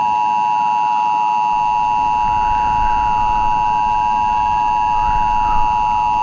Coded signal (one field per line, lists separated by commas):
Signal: Emergency Alert System (SAME) tones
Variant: 853 and 960 Hz attention tone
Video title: [PSA/EAS MOCK] - SUMMER IS NEAR